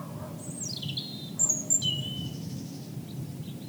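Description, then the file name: European robin song: a brief phrase of high, thin descending whistles and sharp notes, then quieter faint notes, with low background rumble. "rouge gorge"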